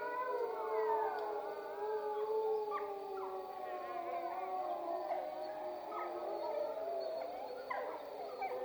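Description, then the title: Wolf: wolves howling in chorus, many overlapping wavering tones rising and falling together throughout. Wolf soundscape recorded at Freita. "Wolf Soundscapes Freita Melissa Pons"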